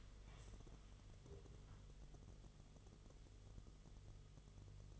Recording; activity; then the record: daily activity, microphone in the room; stand up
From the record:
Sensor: 4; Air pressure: 1006.0 hPa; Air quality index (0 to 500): 108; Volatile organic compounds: 3 ppm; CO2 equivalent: 1352 ppm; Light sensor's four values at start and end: 12/28/11/10 and 12/28/11/10